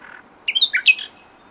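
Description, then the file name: Common nightingale song fragment: a brief cluster of quick chirping and slurred whistled notes. "Luscinia megarhynchos"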